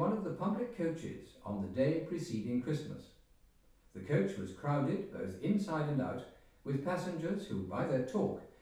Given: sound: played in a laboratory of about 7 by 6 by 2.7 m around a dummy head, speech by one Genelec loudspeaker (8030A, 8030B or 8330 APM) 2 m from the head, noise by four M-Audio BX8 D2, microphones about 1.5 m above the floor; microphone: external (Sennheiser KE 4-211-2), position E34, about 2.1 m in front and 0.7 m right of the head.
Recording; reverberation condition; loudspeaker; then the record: male speech in English; medium; 90 degrees to the right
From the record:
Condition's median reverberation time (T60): about 510 ms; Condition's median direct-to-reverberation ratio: about -0.5 dB